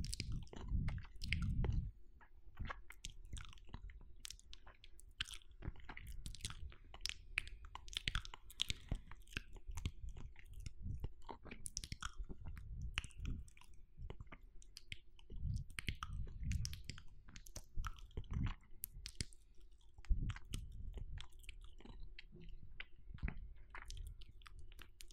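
Wet mouth sounds made of chewing and squishing, with irregular smacks and clicks arriving several times a second throughout. Low thick bursts swell every few seconds, notably near the start, around 16 and 20 seconds, over a faint steady low hum.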